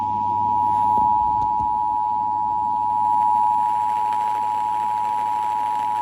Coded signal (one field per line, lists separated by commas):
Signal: Emergency Alert System (SAME) tones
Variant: 853 and 960 Hz attention tone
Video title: EAS #1035 Severe Thunderstorm Warning on WZOK